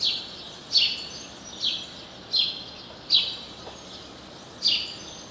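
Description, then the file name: House sparrow calls, several sharp chirps repeated at short intervals, each a short descending note, over faint background noise. "Passer domesticus"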